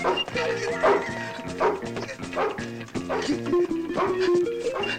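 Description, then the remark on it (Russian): A dog barks repeatedly in quick bursts, roughly one bark a second, loud and sharp over a steady tonal background that continues throughout. “Спасаясь от собаки, пират подбегает к стене дома и бежит вверх по стене.”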